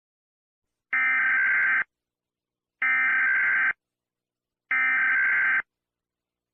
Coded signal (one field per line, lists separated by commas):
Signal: Emergency Alert System (SAME) tones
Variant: header bursts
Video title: Mount Baker: An EAS Scenario/Story (pt.2)